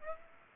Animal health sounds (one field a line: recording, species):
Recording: mosquito wingbeat signal from an infrared sensor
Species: Aedes aegypti